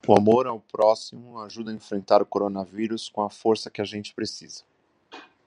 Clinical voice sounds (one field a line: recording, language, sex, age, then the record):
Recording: spoken sentence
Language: Brazilian Portuguese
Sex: male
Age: 40 to 49 years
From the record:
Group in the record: control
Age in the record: 48 years